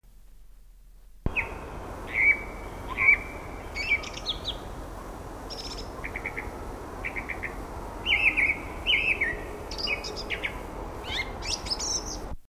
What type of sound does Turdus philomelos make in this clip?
song